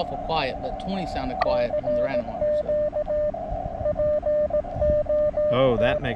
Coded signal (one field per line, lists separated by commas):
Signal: Morse code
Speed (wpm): 18 wpm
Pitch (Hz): 600 Hz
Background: speech, radio noise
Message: CQ POT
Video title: Will It POTA? - Field Testing the DIY Elecraft AX2 Style Short Base-Loaded Vertical Antenna (day 1)